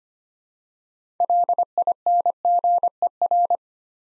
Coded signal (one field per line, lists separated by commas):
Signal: Morse code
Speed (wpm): 26 wpm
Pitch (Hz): 700 Hz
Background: none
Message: LINGER